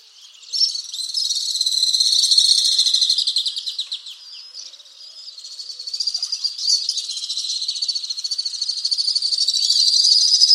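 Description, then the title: Alpine swift trilling song: fast, pulsing high twitter that swells and fades, dips near the four-second mark, then builds again to a loud, continuous chatter. "Le chant du martinet à ventre blanc"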